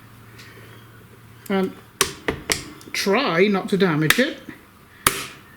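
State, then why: Released. A screwdriver pries at a clip molded into the plastic front bezel of a desktop computer case while someone talks, with a few sharp taps around 2.0–2.5 s. A single sharp snap at 5.1 s is the molded plastic clip popping free and releasing.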